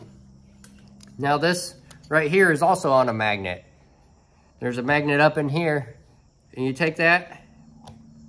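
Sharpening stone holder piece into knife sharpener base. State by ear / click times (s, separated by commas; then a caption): seated / 7.9 s. Someone talks while the sharpening stone holder piece of a knife sharpener is pushed into its magnetic mount in the sharpener base. It clicks in at 7.9 s and is seated.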